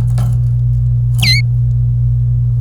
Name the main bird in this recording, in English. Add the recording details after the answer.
Domestic Canary. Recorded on 26 April 2018 at 10:49. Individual llb3